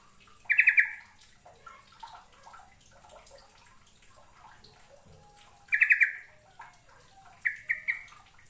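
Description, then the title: Bird singing brief rattling trill bursts, one early, one later and a quicker stuttered series at the end, over soft background chirps. "Kicau Burung"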